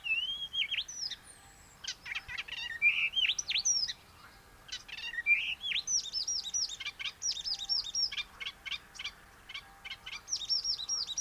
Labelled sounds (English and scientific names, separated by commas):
Icterine Warbler (Hippolais icterina) song